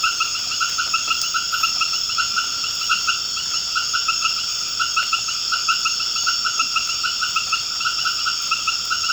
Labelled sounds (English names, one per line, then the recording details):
none
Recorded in dense forest near Puerto Asís, Putumayo, Colombia, on 24 March 2025 at 19:00
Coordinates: 0.481, -76.323
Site G088